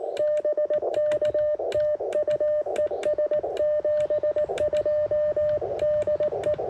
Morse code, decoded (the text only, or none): BK TU ES 72 DE